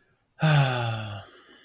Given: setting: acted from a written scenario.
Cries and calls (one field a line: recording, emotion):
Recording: vocal sound without words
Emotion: contentment